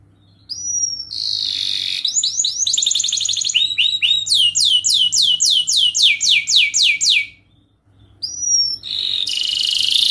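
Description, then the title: Canary singing: upslurred whistles leading into a long, regular series of descending sweeping notes, a brief silence, then whistles and a buzzy rattle, over a faint low hum. Lively singing canary with fine cengkok phrasing and rich isian fill notes, shared for kicaumania song training. "Kenari Gacor Cengkok Terbaik Isian Paling Mewah Kenarigacor Kicaumania Kenari"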